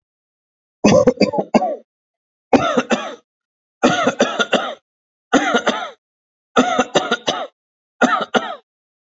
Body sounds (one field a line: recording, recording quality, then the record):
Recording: shallow voluntary cough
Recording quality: excellent, no background noise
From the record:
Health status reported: exposed to COVID-19, no respiratory illness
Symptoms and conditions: muscle pain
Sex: male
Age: 40 years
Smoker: not ticked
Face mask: not worn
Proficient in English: yes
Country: India